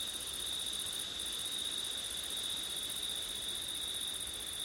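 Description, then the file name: Crickets trilling without pause at two high pitches; the highest voice drops out briefly near the first second, with gentle wind in the background. Crickets on a September night, with wind. "crickets wind september night ortif"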